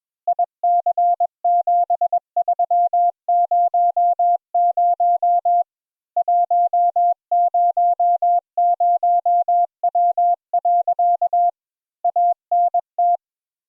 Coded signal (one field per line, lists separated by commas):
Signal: Morse code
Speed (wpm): 21 wpm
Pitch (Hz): 700 Hz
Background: none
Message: IC7300 100W. ANT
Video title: Morse Code Practice Session 1